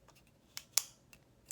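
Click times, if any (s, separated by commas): 0.8 s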